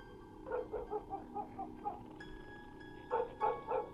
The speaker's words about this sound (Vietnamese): Tiếng gió, tiếng sóng vỗ bờ từ đằng xa xen lẫn vào cái tiếng chó cắn ma cứ nhấm nha nhấm nhằng, đã buồn lại còn rát ruột.